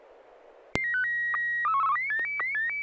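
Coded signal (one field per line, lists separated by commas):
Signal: SSTV (slow-scan television)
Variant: Martin 1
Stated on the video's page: SSTV net on a 441.300 MHz FM repeater, 9 pm Wednesdays Pacific Time, using MMSSTV software.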